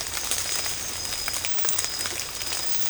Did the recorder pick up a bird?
no